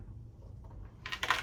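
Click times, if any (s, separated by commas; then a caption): 1.1 s, 1.2 s. The plastic tank cover on a BMW R1250 GSA motorcycle is pulled off its mounts by hand without over-stretching it, to get at the air box cover for an air filter job. After a quiet stretch, sharp plastic snaps ring out at 1.1 s and 1.2 s as the cover comes free. The cover is released.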